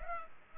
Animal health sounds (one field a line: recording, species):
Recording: mosquito wingbeat signal from an infrared sensor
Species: Culex pipiens